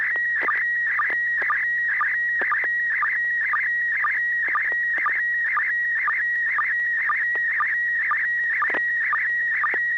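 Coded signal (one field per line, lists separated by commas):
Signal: SSTV (slow-scan television)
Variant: PD120 mode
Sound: steady high tone with rhythmic warbling bursts and short low chirps twice a second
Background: FM radio hum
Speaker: ai 60g you're the first one i heard would you uh are you ready to send an image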